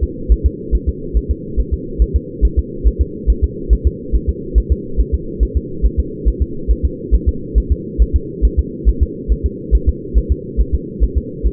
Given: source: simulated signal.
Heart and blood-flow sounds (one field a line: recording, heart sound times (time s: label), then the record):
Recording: fetal heart sounds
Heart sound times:
0.03 s: S2
0.32 s: S1
0.46 s: S2
0.75 s: S1
0.89 s: S2
1.17 s: S1
1.31 s: S2
1.60 s: S1
1.74 s: S2
2.02 s: S1
2.16 s: S2
2.45 s: S1
2.59 s: S2
2.87 s: S1
3.01 s: S2
3.30 s: S1
3.44 s: S2
3.73 s: S1
3.87 s: S2
4.15 s: S1
4.29 s: S2
4.58 s: S1
4.72 s: S2
5.00 s: S1
5.14 s: S2
5.43 s: S1
5.57 s: S2
5.86 s: S1
6.00 s: S2
6.28 s: S1
6.42 s: S2
6.71 s: S1
6.85 s: S2
7.15 s: S1
7.29 s: S2
7.58 s: S1
7.72 s: S2
8.02 s: S1
8.16 s: S2
8.45 s: S1
8.59 s: S2
8.89 s: S1
9.03 s: S2
9.32 s: S1
9.46 s: S2
9.75 s: S1
9.89 s: S2
10.18 s: S1
10.32 s: S2
10.61 s: S1
10.75 s: S2
11.04 s: S1
11.17 s: S2
11.47 s: S1
From the record:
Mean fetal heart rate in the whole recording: 140 bpm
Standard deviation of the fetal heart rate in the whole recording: 2 bpm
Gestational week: 34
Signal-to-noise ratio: -4.3 dB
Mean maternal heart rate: 72 bpm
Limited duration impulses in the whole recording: absent